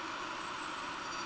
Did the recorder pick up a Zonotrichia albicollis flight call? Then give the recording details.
no. No flight call is heard. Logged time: 05:29 on 18 September 2014